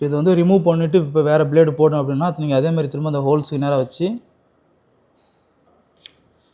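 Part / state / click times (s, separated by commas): locking pin into brush cutter blade holder holes / seated / 6.1 s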